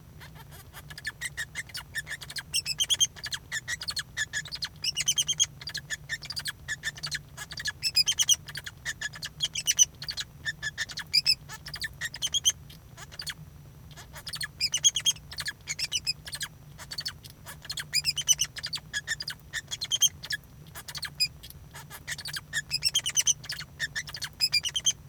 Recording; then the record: song of a male Bengalese finch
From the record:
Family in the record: son of father 2